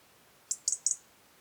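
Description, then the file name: European robin calls: three short, very high notes in quick succession, the last two doubled, over a quiet background. "Erithacus rubecula"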